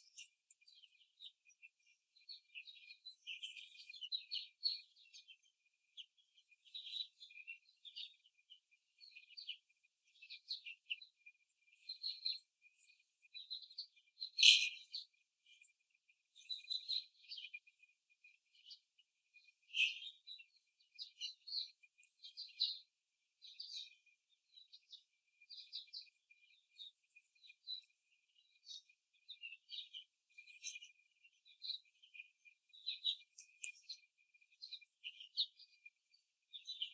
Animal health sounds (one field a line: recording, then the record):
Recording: young laying hens in a cage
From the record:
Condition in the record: after the stressor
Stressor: simulated dog barking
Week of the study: 3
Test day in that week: 1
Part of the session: 3